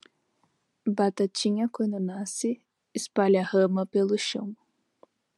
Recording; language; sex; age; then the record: short text; Brazilian Portuguese; female; 20 to 29 years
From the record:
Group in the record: control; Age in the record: 23 years